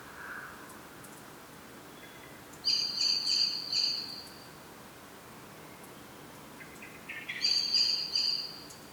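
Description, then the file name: Common blackbird calls: two thin, high trilled whistle phrases a few seconds apart, the second preceded by short rising lower notes, over a soft steady background hiss. "Turdus merula"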